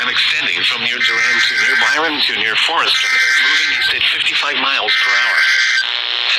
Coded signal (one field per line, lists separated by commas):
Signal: Emergency Alert System (SAME) tones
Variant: header bursts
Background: speech